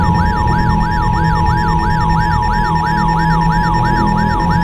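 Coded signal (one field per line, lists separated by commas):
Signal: Emergency Alert System (SAME) tones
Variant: 853 and 960 Hz attention tone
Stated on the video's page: Fictional mock EAS alert for a tornado, not real.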